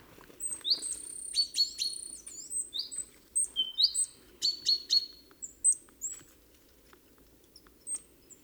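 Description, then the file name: Great tit calls: short sweeping whistled notes that slide upward, mixed with thin high ticks and sharp clicks, in irregular bursts over a faint low rumble. "Parus major"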